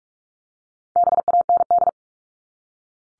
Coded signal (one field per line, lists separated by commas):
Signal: Morse code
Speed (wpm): 44 wpm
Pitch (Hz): 700 Hz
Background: none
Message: BAND